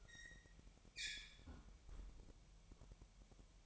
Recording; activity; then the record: daily activity, microphone in the room; close fridge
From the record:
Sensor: 1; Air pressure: 1002.0 hPa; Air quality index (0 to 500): 243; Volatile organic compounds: 48 ppm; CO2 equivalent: 3276 ppm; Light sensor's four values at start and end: 8/28/10/11 and 8/28/10/11